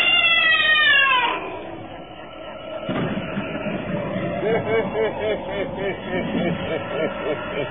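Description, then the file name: Cat giving a loud falling yowl, followed by lower, pulsing moaning sounds that swell and fade repeatedly. "cathowl"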